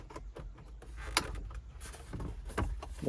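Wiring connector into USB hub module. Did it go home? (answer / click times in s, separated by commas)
yes / 1.2 s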